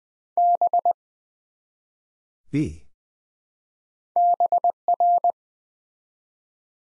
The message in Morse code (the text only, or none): B BR